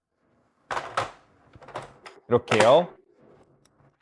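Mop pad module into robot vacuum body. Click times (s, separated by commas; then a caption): 0.7 s. After the mop cloth is reattached, the plastic mop pad module is pushed back into the body of a Philips HomeRun 5000 Series robot vacuum, and it clicks at 0.7 s with a sharp hit. The module is seated and fully fixed, and someone talks afterward.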